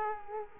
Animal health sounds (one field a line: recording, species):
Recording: mosquito wingbeat signal from an infrared sensor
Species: Culex quinquefasciatus